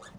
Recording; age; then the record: pig call; piglet (1 to 25 days)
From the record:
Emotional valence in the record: negative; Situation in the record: long isolation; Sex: male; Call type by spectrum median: low-frequency call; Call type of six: mixed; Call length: 0.19 s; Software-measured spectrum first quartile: 312 Hz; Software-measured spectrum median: 1116 Hz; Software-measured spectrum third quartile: 2538 Hz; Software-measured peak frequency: 182 Hz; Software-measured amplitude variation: 156 dB a second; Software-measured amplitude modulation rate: 15.6 a second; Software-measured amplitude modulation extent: 10.0 dB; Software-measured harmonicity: 1.1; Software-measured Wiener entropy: -1.71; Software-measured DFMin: 480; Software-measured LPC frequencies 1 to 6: 1221, 1697, 3607, 4497, 5959, 6813 Hz